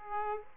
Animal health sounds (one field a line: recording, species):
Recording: mosquito wingbeat signal from an infrared sensor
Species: Aedes aegypti